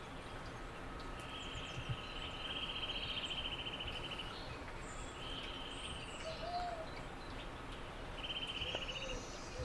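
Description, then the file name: Eurasian nuthatch giving several rapid rattling trills, while other birds add brief high chirps and a short rising-falling whistle against background hiss. "Sitta europaea"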